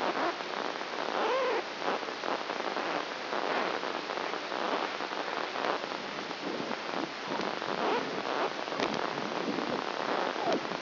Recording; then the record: brain microelectrode recording played as sound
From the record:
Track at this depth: outside the subthalamic nucleus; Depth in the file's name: 1.406 mm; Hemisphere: right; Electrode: 2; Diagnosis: Parkinson's disease